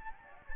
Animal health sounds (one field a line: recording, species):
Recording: mosquito wingbeat signal from an infrared sensor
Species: Anopheles gambiae